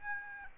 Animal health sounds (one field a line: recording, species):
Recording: mosquito wingbeat signal from an infrared sensor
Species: Aedes aegypti